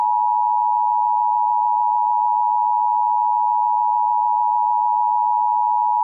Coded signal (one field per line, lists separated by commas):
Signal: Emergency Alert System (SAME) tones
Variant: 853 and 960 Hz attention tone